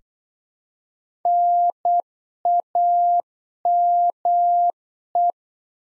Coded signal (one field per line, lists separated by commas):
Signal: Morse code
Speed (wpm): 8 wpm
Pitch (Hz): 700 Hz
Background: none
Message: NAME